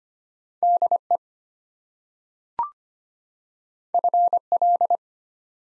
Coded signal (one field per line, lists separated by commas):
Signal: Morse code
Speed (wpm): 25 wpm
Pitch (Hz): 700 Hz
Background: none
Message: DE FL